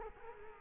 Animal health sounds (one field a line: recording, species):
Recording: mosquito wingbeat signal from an infrared sensor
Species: Culex quinquefasciatus